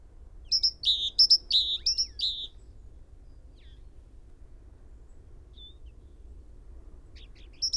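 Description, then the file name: Great tit song, a quick burst of high two-part phrases, then a long quiet gap with faint notes before a brief restart. "Parus major"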